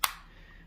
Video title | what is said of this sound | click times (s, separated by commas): Seenda Wireless Mouse Setup & Review | um and that just goes back on like so and then this will just snap into place | 0.0 s